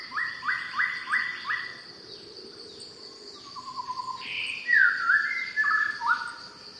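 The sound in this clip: Shama song: a run of four quick rising whistled notes, then a pause and varied rich, fluty phrases with slurred and falling notes, over a steady high insect drone.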